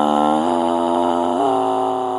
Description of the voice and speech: That's the sound of a vocal nodule, also known as a node.